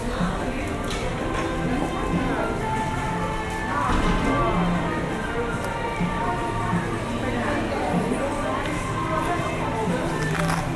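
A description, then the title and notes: A lunchtime walk through a business park in Leamington Spa, UK, with people talking in an overlapping murmur throughout. The din stays fairly steady and dense, swelling slightly around four seconds, while brief higher sounds flick up now and then over a low background rumble. A lunchtime walk through a business park in Leamington Spa, UK. This is my first time recording a binaural soundscape using the Sennheiser Ambeo Smart Headset .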